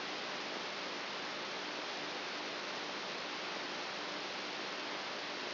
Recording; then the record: brain microelectrode recording played as sound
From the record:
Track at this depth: outside the subthalamic nucleus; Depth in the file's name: 8.3 mm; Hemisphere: right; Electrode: 2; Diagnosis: Parkinson's disease